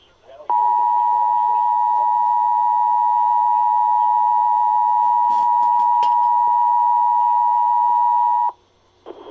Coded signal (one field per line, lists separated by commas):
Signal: Emergency Alert System (SAME) tones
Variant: 853 and 960 Hz attention tone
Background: speech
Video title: EAS 2712 SVR NWS Charleston WV